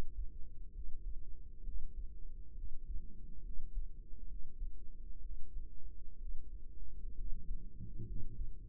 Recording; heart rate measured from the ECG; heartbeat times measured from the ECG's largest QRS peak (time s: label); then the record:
heart sounds by microphone in the right ear; 66 bpm
0.72 s: heartbeat
1.62 s: heartbeat
2.53 s: heartbeat
3.41 s: heartbeat
4.26 s: heartbeat
5.19 s: heartbeat
6.16 s: heartbeat
7.14 s: heartbeat
8.04 s: heartbeat
From the record:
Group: healthy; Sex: female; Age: 22 years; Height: 154 cm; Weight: 58.7 kg